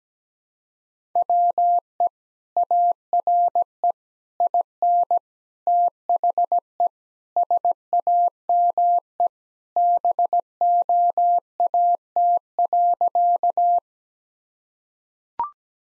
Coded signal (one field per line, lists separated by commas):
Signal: Morse code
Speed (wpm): 17 wpm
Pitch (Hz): 700 Hz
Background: none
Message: WE ARE IN THE SAME BOAT.